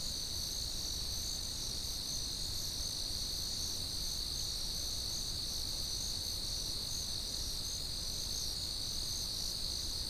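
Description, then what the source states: Cricket chorus of constant, overlapping high-pitched trills running without break, low-frequency background noise beneath. Constant, generic cricket chirping.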